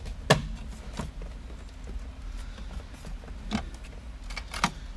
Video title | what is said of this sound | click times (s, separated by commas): how to Replace bmw f30 heated steering wheel and multifunction switch | those are snaps back in | 0.3 s, 4.6 s